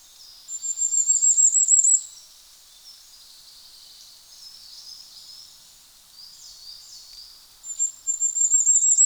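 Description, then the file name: Common firecrest sings twice, each a high, fast, thin series of notes, separated by several seconds of softer chirping. "tuzesfeju kiralyka Regulus ignicapilla"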